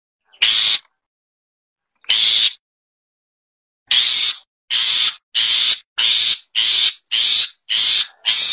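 Long-tailed Shrike calling with two spaced, hoarse rasps, then a steady series of similar grating notes.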